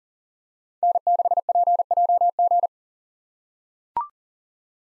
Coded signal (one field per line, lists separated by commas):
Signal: Morse code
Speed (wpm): 40 wpm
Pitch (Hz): 700 Hz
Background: none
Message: N6PJG